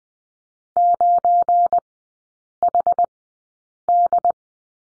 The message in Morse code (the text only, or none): 9HD